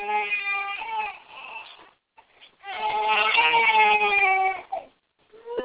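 High-pitched, wavering cries of a 6-month-old baby girl in two main bursts, separated by short gasping pauses.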